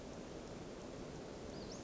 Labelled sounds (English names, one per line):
Western Flycatcher